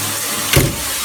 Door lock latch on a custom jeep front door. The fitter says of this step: Press ചെയ്തിട്ട് അടച്ചു വിടുക. അത് ഇവിടെ ലോക്ക് കൊടുത്തിട്ടുണ്ട് കേട്ടോ.